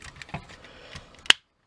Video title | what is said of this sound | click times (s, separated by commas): (FR) Ultra MEGATRON review (Transformers Beast Wars) | Voilà. Et là c'est clipsé et la tête est sortie. | 0.2 s, 0.3 s, 1.3 s